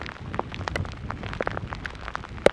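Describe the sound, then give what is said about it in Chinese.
Hail pelting down in a dense, irregular patter, with sharp clicks and taps scattered throughout and one louder crack near the end, over a steady low rumble, at over 5,400 m altitude near Jianggudiru, China, quickly turning the ground white. “江古迪都用冰雹迎接我们，这地马上就白了哈。”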